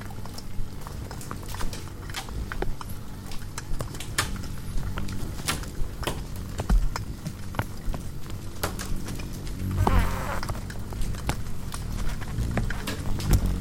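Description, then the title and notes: Many insects give rapid crackling taps throughout, with a louder rustling burst near ten seconds over a low hum. Hundreds of bugs frantically congregating around the only light at night, a porch bulb on a savannah wildlife ranch at Mmabolela, South Africa, November 2016; mix of six mics including miniature omnis; Zoom F8. "One Lightbulb. Hundreds of bugs are frantically congregating around the sole light source present at night, a bulb hanging on the porch of a wildlife ranch in South Africa. Angélica Castelló"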